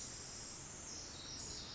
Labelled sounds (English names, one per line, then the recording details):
Pacific Wren
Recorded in Sonoma County, California